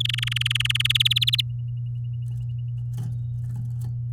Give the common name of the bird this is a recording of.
Domestic Canary